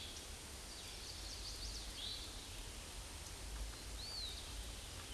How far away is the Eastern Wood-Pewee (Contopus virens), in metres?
about 70 m